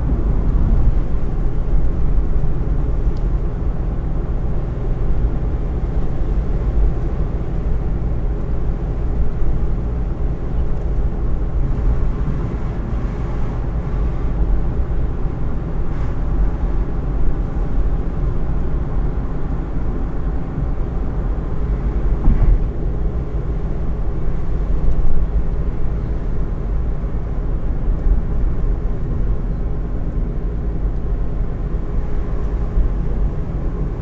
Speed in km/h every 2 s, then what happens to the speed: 63, 63, 64, 64, 64, 64, 64, 66, 67, 64, 63, 62, 61, 60, 61, 61, 62.
0-34 steady at about 63.